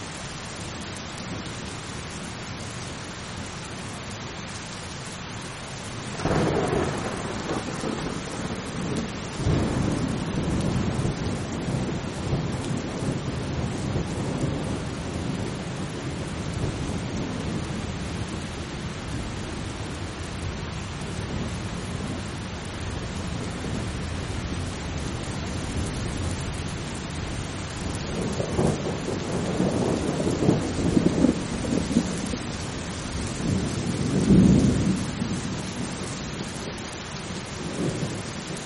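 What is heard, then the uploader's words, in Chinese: Steady rain falls throughout, with low rumbles of thunder rolling in around six, ten and again near thirty to thirty-five seconds. 助眠雷雨声：平静的雨。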